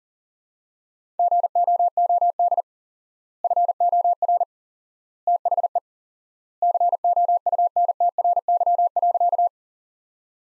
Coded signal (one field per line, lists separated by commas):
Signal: Morse code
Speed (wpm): 40 wpm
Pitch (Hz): 700 Hz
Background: none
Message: GOOD FOR THE COUNTRY.